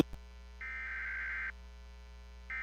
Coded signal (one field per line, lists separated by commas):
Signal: Emergency Alert System (SAME) tones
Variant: header bursts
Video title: (EAS #27) | Guam Flash Flood Warning on KGUM-AM | 08/27/2020 (READ DESC!)